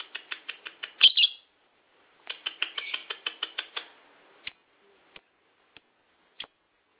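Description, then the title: Lovebird chirping in two rapid bursts of high, buzzy notes, then a few isolated sharp clicks with silence between. Champion bird, national-level winner. "Kicau Burung LoveBird, Suara Burung LoveBird Juara Nasional"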